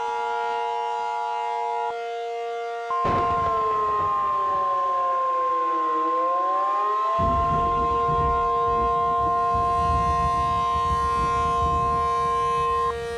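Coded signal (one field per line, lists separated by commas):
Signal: Emergency Alert System (SAME) tones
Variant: 853 and 960 Hz attention tone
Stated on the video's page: Fictional EAS scenario using valid SAME tones, a simulation rather than a real alert.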